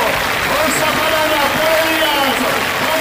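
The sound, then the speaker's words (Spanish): A stadium crowd applauds and cheers the Gimnasia de Jujuy players as they leave through the tunnel after their win over Estudiantes, in a dense, unbroken wash of clapping and voices, holding at an even, loud level for the whole few seconds. “El público lo reconoce, se van ellos, se meten por la manga los hombres del Globo Jujeños y escuchen.”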